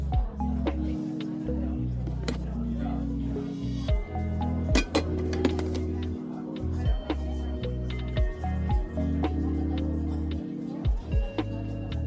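Coffee shop ambience: steady murmur of voices over music with a blocky, shifting bass line, broken by frequent sharp clinks and clatter.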